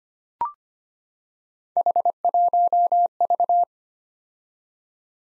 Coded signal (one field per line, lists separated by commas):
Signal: Morse code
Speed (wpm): 25 wpm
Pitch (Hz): 700 Hz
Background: none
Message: H1V